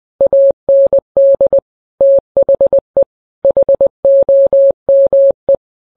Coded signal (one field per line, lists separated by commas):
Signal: Morse code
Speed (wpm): 20 wpm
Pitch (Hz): 550 Hz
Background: none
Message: AND THE HOME